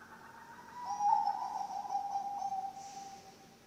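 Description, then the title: Zebra dove cooing with a fluttering, bubbling tone held for a couple of seconds, rising slightly in strength then tapering off. Bangkok-type zebra dove (perkutut) song, played for training other birds (masteran) and for luring (pancingan). "mster Mnuk. SUARA OCEHAN BURUNG PERKUTUT BANGKOK Untuk MASTERAN dan PANCINGAN"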